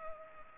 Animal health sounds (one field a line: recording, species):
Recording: mosquito wingbeat signal from an infrared sensor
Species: Culex pipiens